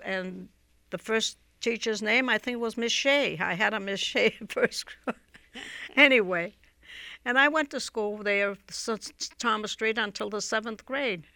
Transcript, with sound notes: And the first teacher's name I think was Miss Shea. I had a Miss Shea in first grade. (she laughs) Anyway. And I went to school there, Thomas Street, until the seventh grade.